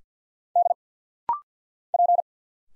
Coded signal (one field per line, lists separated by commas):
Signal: Morse code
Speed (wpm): 51 wpm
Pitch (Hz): 700 Hz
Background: none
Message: D P